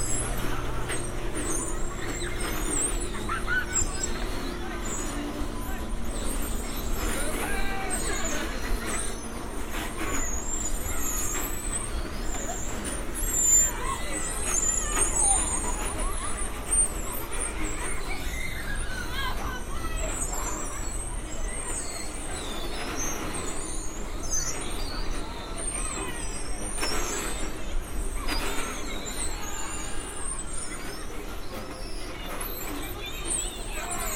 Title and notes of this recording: Santa Monica Pier. A binaural field recording — a walk on the beach; under the pier; a few hundred yards and back again; up to the pier; watching the bumper cars, the roller coasters